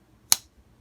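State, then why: Seated. After grime is cleaned from its contact points, the blade of a refurbished vintage Case Whaler 1199 SH R slip-joint pocket knife is worked against its backspring. It snaps sharply into place at 0.3 s with a single bright, crisp click that fades quickly in a quiet background. The blade is seated.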